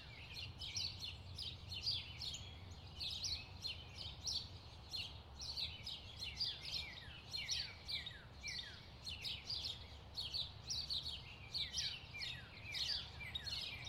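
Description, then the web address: Bird chorus of busy high chirps and short descending whistles, dense and continuous, with a low background rumble. Distant birds in a park. "sound-effects-bible Park Birds Distant"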